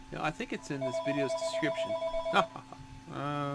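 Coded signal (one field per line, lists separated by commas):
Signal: none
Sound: a phone ringing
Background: speech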